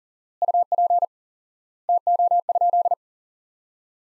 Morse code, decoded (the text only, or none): UP TO?